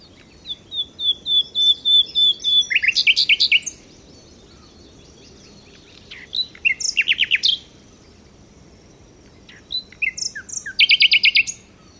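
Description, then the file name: Common nightingale song: thin, drawn-out whistles lead into fast repeated chattering notes, followed by two more short, rapid phrases separated by pauses. "Luscinia megarhynchos"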